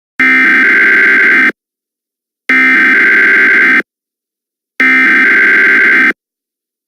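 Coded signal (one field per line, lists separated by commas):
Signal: Emergency Alert System (SAME) tones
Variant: header bursts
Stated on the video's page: Fictional EAS scenario.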